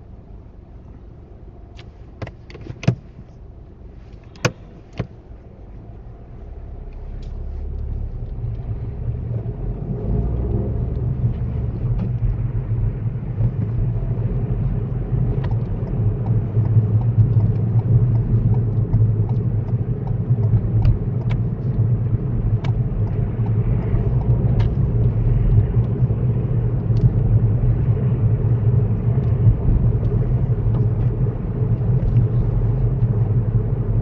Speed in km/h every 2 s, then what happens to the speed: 0, 0, 0, 0, 15, 21, 26, 31, 29, 29, 29, 35, 37, 39, 39, 40, 42.
0-6 standing. 6-14 pulls away to 31. 14-20 steady at about 29. 20-23 speeds up to 37. 23-34 steady at about 39.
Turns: none.